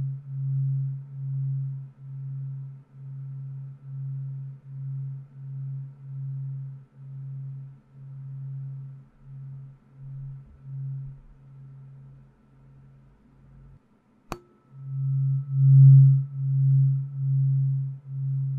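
A low tuning fork hums a steady tone that pulses in a regular wobble, swelling and fading about twice a second. Around 14 seconds it drops nearly silent, a sharp tap sounds, and the hum returns louder with the same beating pulse.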